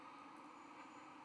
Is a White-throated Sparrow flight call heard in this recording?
no